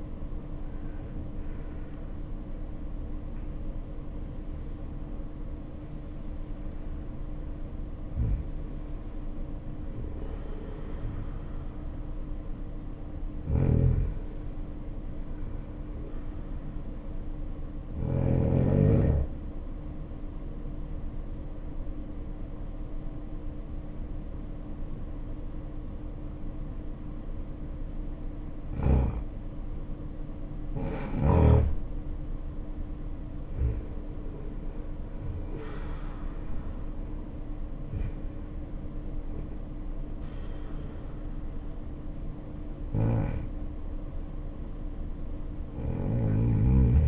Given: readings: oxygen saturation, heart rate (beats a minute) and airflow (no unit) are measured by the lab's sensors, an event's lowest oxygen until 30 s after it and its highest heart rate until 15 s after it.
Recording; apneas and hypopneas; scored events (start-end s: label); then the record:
a person awake in a sleep study, by a smartphone at the bedside; 1
0.00-30.00 s: awake
20.00-35.10 s: hypopnea (scored as awake, oxygen 96% highest, then 92% lowest, heart rate 55 at the start, 70 highest)
24.00-47.08 s: new sleep stage, N1 (lightest sleep)
From the record:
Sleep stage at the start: awake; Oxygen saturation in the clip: 72 to 96%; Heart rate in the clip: 51 to 96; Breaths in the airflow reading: 10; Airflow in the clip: -6.7 to 8.7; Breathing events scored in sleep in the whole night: 520 in 7.2 hours asleep